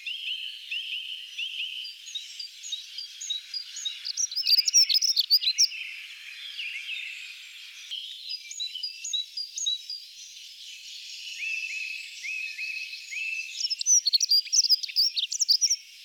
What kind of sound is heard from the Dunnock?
song